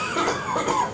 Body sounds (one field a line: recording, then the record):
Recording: coughing mixed with background sound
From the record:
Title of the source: Spring Cold Coughing 2